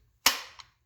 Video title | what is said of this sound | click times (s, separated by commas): Concealment Express IWB kydex holster review. BUY OR BUST? | as far as retention goes you heard the click i'm going to do it again because i love it | 0.3 s